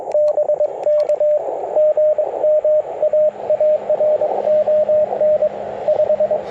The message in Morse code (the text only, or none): BK GM AARON 5